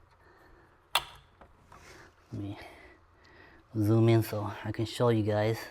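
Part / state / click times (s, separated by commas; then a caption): plastic trim clip into center dash panel / seated / 1.0 s. Plastic clips and tabs on the center dash trim piece of a 2010 Nissan Frontier are lined up with their slots in the center dash panel and pushed down, giving a sharp snap at 1.0 s and a faint tick at 1.4 s. The clip is seated in place, and then someone talks.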